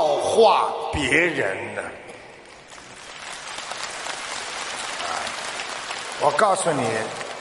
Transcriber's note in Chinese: 掌声